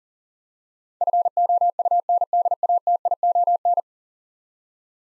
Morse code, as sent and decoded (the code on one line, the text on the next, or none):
..-. --- ..- -. -.. .- - .. --- -.
FOUNDATION